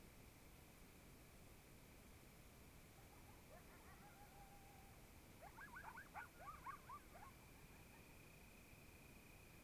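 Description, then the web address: Coyotes call faintly, one long steady howl note followed by a quick burst of high yips and yelps rising and falling, over a constant high-pitched hum and background hiss. Several coyotes, Oregon, 2015. "GDC 2018-Game Audio Bundle Discover Oregon - Coyotes Coyotes 2015 Medlock Loudest Quiet Coyotes"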